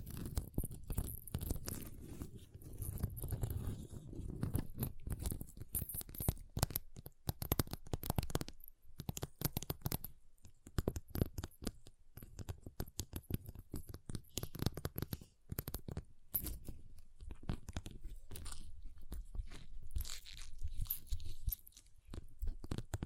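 Ice being tapped, scratched and carved in dense, irregular crunchy scrapes and clicks, with brief pauses near nine and sixteen seconds.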